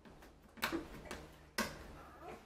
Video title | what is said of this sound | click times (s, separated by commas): DIY Microphone & Charging Port Replacement On Samsung Galaxy S4 | this just snaps back into place | 0.6 s, 1.6 s